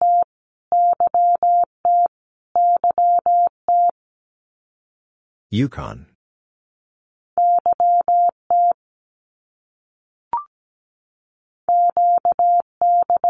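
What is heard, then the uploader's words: Morse code sent as a steady mid-pitched beep, keyed on and off in quick, even bursts that come in clusters separated by pauses. Near the six-second mark a brief scraping rustle breaks in, and a short click sounds around ten seconds. Canadian Provinces and Territories - Repeated 3x - 17wpm. First, it is sent 3x in Morse code. Then it is spoken. Finally, it is sent again in Morse code.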